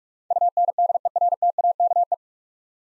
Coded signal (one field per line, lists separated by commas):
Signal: Morse code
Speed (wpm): 46 wpm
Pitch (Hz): 700 Hz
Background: none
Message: UNDERTAKE